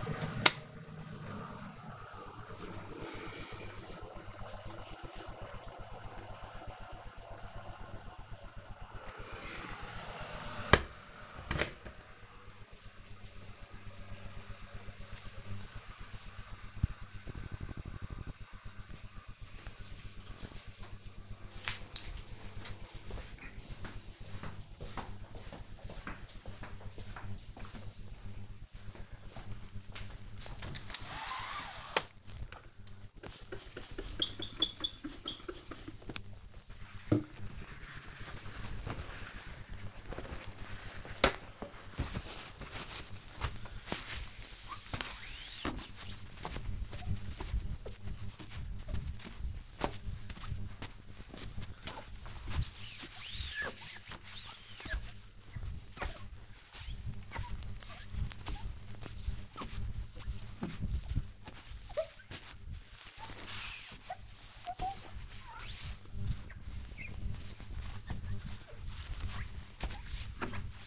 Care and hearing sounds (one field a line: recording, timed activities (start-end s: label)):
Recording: household activities, microphone on the right wrist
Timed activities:
0.00-11.48 s: making tea
30.56-70.87 s: window cleaning